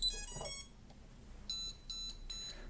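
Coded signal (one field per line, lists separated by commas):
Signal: beep code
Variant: drone flight controller buzzer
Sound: quick rising startup jingle, pause, then repeating short buzzer beeps about twice a second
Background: quiet room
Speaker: 이런 패턴의 비프음이 울리면서 조종기랑 연결이 안 됐다라는 걸 알려주고 있는 상태죠.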